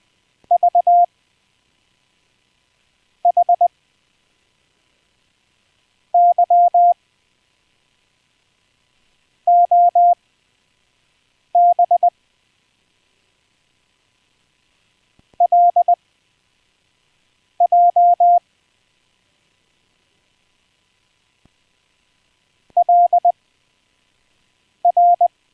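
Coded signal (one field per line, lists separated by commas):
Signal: Morse code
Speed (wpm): 20 wpm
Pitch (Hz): 700 Hz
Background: none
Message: VHYOB LJ LR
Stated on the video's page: Live, unplanned amateur radio stream with some CW practice.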